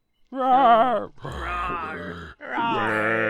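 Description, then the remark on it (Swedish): A person voices a monster's roar from the abyss: three drawn-out, growling vocal bursts in a row, each about a second long, loud and rough with strained, wavering pitch. “Och där kan vi lägga in en avgrundsvrål, tycker jag, av olika slag.”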